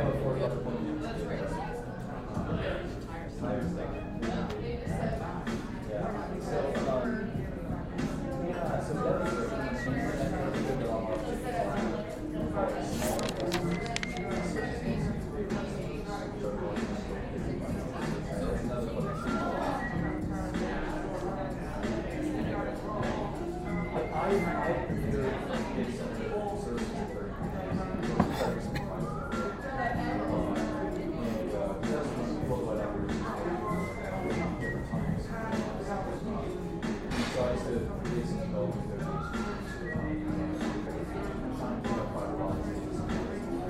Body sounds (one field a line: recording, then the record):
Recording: background sound without coughing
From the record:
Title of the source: 60 minutes of coffee shop sounds for study and concentration